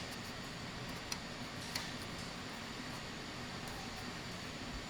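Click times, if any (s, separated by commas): 1.1 s, 1.8 s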